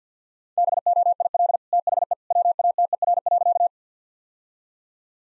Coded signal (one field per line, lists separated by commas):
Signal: Morse code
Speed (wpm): 50 wpm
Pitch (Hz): 700 Hz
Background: none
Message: BOIL THE WATER.